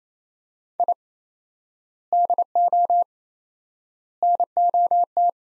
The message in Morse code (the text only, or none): I DO NOT